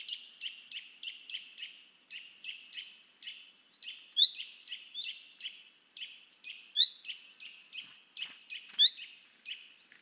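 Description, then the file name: Great tit's high falling chirps in groups every two to three seconds over a steady background series of lower, buzzy ticking notes. "Parus major"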